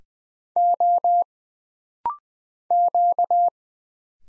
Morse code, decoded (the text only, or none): O Q